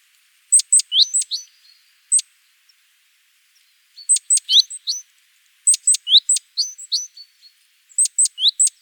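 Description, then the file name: Great tit calls, clusters of sharp high ticks mixed with brief falling whistled notes, repeated in quick bursts separated by short pauses. "Parus major"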